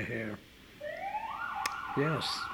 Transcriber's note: exterior traffic noise can be heard